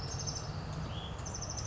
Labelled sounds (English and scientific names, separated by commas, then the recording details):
Hutton's Vireo (Vireo huttoni)
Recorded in Sonoma County, California